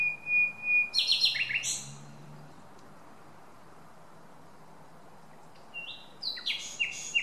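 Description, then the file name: Common nightingale song: a long pure whistle, then rapid repeated chirping notes, a pause of silence, then another burst of rich varied phrases; low hum beneath. "Luscinia megarhynchos"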